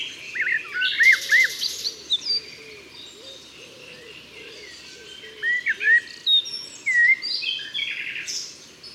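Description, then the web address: Common blackbird song: fluted warbling phrases mixed with thin high squeaky twitters, with other faint chirps behind. "SETE data Turdus merula"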